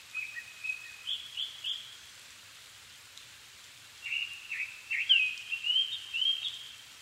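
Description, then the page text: Japanese thrush song: clear whistled notes in one phrase, then a richer run of rising, falling and slurred fluty notes after a short pause. Japan; evening of 7 May 2011 at 17:59; altitude 270 m; Sony PCM-D50 recorder with Panasonic WM-61A microphone. "Turdus cardis [Sounds -Nikko Today-]"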